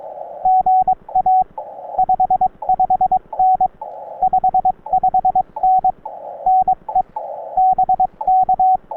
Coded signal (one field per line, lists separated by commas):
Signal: Morse code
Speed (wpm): 24 wpm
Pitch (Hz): 720 Hz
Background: radio noise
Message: GA 55N 55N NE BK